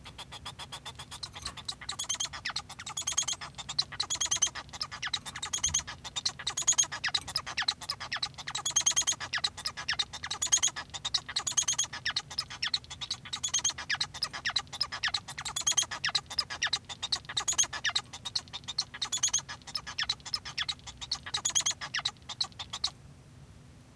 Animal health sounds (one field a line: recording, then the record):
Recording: song of a male Bengalese finch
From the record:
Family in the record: son of father 1